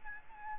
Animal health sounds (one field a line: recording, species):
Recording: mosquito wingbeat signal from an infrared sensor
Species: Aedes albopictus